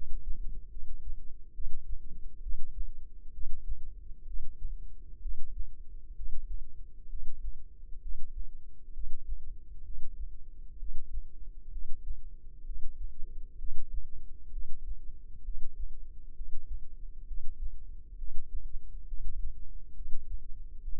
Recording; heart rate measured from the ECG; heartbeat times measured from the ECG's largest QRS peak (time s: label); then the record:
heart sounds by microphone in the left ear; 66 bpm
0.70 s: heartbeat
1.53 s: heartbeat
2.40 s: heartbeat
3.31 s: heartbeat
4.24 s: heartbeat
5.19 s: heartbeat
6.14 s: heartbeat
7.07 s: heartbeat
8.00 s: heartbeat
8.91 s: heartbeat
9.82 s: heartbeat
10.77 s: heartbeat
11.70 s: heartbeat
12.63 s: heartbeat
13.56 s: heartbeat
14.50 s: heartbeat
15.42 s: heartbeat
16.33 s: heartbeat
17.25 s: heartbeat
18.16 s: heartbeat
19.06 s: heartbeat
19.93 s: heartbeat
20.80 s: heartbeat
From the record:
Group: healthy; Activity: breath hold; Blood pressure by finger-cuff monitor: 101/62 mmHg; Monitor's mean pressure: 80 mmHg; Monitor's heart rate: 65 bpm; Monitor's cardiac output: 6.3 L/min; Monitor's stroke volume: 96 mL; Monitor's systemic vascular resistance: 920 dyn s/cm5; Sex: female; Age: 22 years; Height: 160 cm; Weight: 45 kg